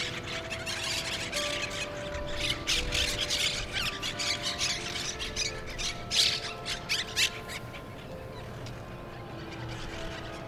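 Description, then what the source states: Monk parakeet squawks, harsh and buzzy, crowd together rapidly then thin out toward the end, with steady faint hums in the background. Recorded in Brooklyn; birds referred to as Brooklyn parrots.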